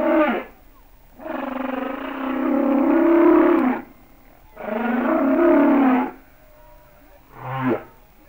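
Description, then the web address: Humpback whale song: long harmonic moans between short units at the start and end, with quiet gaps between units. "Natures Songs Whale Songs Sounds of Nature - Humpback Whales"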